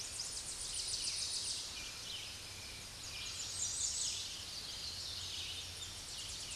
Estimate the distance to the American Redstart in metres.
about 10 m